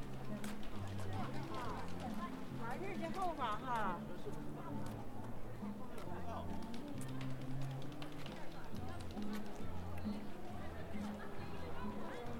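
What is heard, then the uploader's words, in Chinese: A busy shopping street in Shenyang, with steady crowd chatter, low droning hum, clicks and a brief warbling chirp near four seconds. 沈阳，中街。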